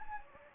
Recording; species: mosquito wingbeat signal from an infrared sensor; Anopheles gambiae